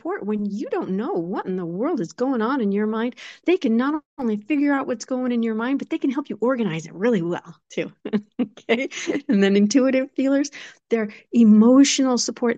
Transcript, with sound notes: When you don't know what in the world is going on in your mind, they can not only figure out what's going in your mind, but they can help you organize it really well too, (laughs) okay? And then intuitive feelers, they're emotional support.